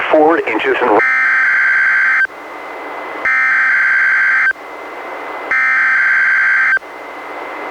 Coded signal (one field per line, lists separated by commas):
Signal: Emergency Alert System (SAME) tones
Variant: header bursts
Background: speech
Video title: EAS #664: NWR Required Weekly Test- July 20, 2022- 11:10AM PDT